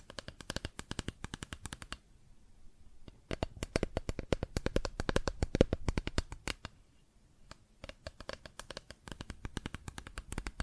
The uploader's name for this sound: Plastic Objects Tapping and Scratching